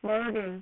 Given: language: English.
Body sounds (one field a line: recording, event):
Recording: throat vibration sensor signal played as sound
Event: speech